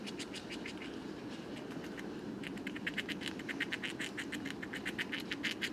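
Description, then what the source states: Eurasian red squirrel chewing, dry clicks in loose runs that grow denser and quicker in the second half. Bois de Vincennes, 23 November 2018, foggy, 5°C; gorging on seeds of many fruiting conifers before winter rest.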